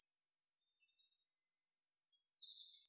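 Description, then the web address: Firecrest giving a very high, thin series of rapid notes that grows louder, then stops abruptly after under three seconds. "Regulus ignicapillus"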